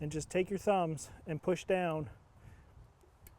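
Someone talks while fitting a rear wiper blade onto the rear wiper arm of a 2007–2014 Ford Edge (also Lincoln MKX / Transit Connect), with fingers between the rubber blade and the back of the wiper and thumbs pushing down. After the talking, a faint tick is heard near 3.3 s in quiet background. Nothing has seated or clicked yet.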